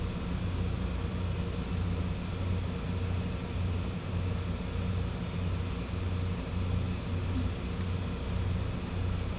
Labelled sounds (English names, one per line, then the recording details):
none
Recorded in pastures near Puerto Asís, Putumayo, Colombia, on 20 December 2024 at 22:30
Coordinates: 0.505, -76.324
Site G063